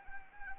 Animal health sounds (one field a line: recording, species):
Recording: mosquito wingbeat signal from an infrared sensor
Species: Anopheles arabiensis